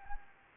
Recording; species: mosquito wingbeat signal from an infrared sensor; Anopheles gambiae